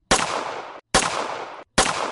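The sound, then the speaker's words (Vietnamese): Three loud bursts of rapid gunfire, fired repeatedly at a group of people on a fighting platform in the dark, each a harsh, crackling roar lasting under a second before cutting off abruptly, separated by brief silences. “Nhưng giây tiếp theo, tiếng súng bỗng nhiên bạo tạc.”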